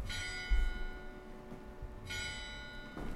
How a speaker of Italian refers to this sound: E tra l'altro è ripartito Bazinga e le campane. Sono ripartite le campane esattamente quando, che poi ce ne sono 12, quindi ascoltiamo le campane in silenzio.